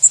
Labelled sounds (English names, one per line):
Blackpoll Warbler flight call